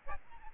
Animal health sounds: mosquito wingbeat signal from an infrared sensor; Aedes albopictus

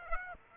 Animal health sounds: mosquito wingbeat signal from an infrared sensor; Aedes aegypti

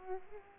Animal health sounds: mosquito wingbeat signal from an infrared sensor; Culex pipiens

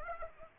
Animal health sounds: mosquito wingbeat signal from an infrared sensor; Aedes aegypti

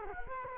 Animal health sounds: mosquito wingbeat signal from an infrared sensor; Culex quinquefasciatus

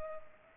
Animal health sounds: mosquito wingbeat signal from an infrared sensor; Culex pipiens

